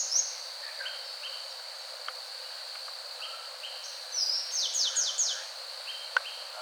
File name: rufous capped brush finch